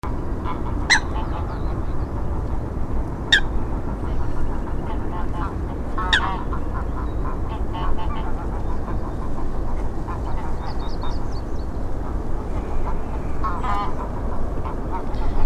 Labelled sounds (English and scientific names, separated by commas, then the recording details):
Eurasian Coot (Fulica atra) call
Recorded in the wild
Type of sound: call
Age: adult
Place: Karower Teiche, Naturpark Barnim, Berlin, DE
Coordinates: 52.6222, 13.4597
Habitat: pond
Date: 1993-04-14 10:10
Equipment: Aiwa HD-S1, Sennheiser ME 88
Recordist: Frommolt, Karl-Heinz
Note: Rufe, daneben Rohrammer, Zwergtaucher, Graugans (Praktikumsaufnahme)